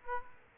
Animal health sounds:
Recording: mosquito wingbeat signal from an infrared sensor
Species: Aedes aegypti

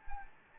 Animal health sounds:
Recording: mosquito wingbeat signal from an infrared sensor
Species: Anopheles gambiae

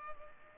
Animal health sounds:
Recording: mosquito wingbeat signal from an infrared sensor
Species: Culex pipiens

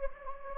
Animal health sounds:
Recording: mosquito wingbeat signal from an infrared sensor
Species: Anopheles gambiae

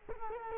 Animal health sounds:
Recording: mosquito wingbeat signal from an infrared sensor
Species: Culex quinquefasciatus

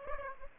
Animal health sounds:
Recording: mosquito wingbeat signal from an infrared sensor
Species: Aedes aegypti

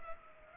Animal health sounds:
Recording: mosquito wingbeat signal from an infrared sensor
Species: Culex pipiens

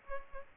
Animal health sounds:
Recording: mosquito wingbeat signal from an infrared sensor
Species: Culex pipiens

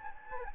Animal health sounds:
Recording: mosquito wingbeat signal from an infrared sensor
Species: Anopheles gambiae

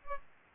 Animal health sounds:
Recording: mosquito wingbeat signal from an infrared sensor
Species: Aedes albopictus

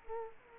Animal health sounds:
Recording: mosquito wingbeat signal from an infrared sensor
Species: Culex quinquefasciatus

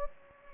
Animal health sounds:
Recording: mosquito wingbeat signal from an infrared sensor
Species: Anopheles gambiae

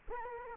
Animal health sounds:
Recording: mosquito wingbeat signal from an infrared sensor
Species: Culex quinquefasciatus

